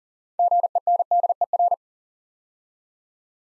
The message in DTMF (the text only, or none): none